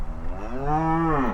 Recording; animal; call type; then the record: contact call of a hoofed animal; cattle; low-frequency (closed-mouth) or high-frequency (open-mouth) call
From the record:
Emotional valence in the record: negative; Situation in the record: full separation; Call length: 1.34 s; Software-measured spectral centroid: 1000 Hz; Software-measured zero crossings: 840 a second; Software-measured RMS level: -24 dBFS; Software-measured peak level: -11 dBFS